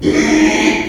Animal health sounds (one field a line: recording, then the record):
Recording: squeal of a Yucatan mini pig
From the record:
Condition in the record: after surgery on the right vocal fold (resection and tissue-engineered implant)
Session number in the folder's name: 2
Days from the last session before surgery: 13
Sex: male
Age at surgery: 12 weeks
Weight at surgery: 13 kg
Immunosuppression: cyclosporine, prednisolone